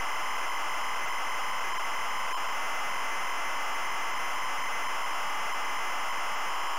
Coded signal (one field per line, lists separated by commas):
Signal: ZX Spectrum tape loading